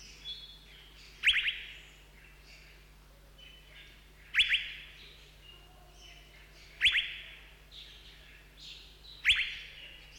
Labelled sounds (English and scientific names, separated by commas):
Asian Fairy-bluebird (Irena puella)